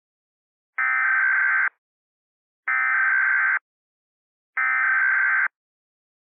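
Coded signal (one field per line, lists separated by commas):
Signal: Emergency Alert System (SAME) tones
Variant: header bursts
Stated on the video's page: Fictional EAS scenario, remastered, with voice actors.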